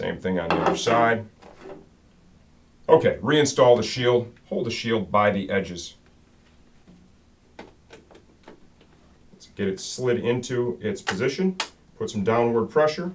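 Someone talks while a motorcycle helmet face shield, held by its edges, is slid into position on the helmet's side pivot mount before downward pressure is applied. Faint, brief handling taps are heard between about 7.6 and 8.5 seconds during a pause in the talking. The shield has not snapped or seated yet.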